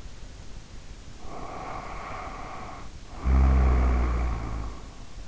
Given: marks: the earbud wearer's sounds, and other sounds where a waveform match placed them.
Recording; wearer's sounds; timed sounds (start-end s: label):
sounds in sleep by an in-ear microphone; snoring breath
1.12-4.93 s: snoring breath